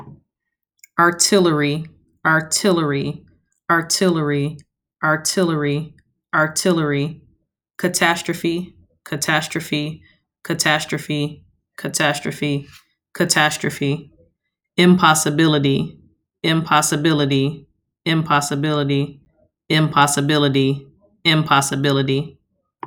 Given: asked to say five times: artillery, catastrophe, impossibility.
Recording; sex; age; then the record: three words, each repeated; female; 30 to 39 years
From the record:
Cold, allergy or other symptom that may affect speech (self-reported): no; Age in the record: 32 years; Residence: Michigan, United States